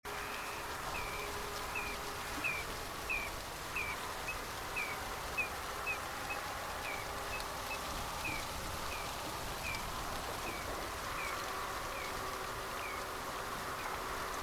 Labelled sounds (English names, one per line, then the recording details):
Eurasian Dotterel
unidentified sound
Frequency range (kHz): Eurasian Dotterel 1.9-3.0 kHz
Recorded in France